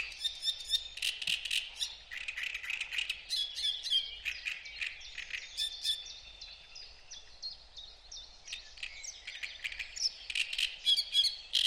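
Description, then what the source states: Great Reed Warbler song, loud rasping croaks and squeaky whistles in rapid, jerky phrases. Two birds singing in reed beds by a lake, stimulating each other; the nearer one recorded with a large parabolic microphone.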